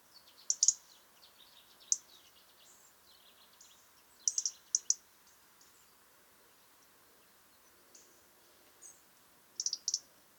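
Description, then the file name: European robin producing scattered bursts of high, sharp twittering notes over faint background rustle, with brief clusters recurring every few seconds. "Erithacus rubecula"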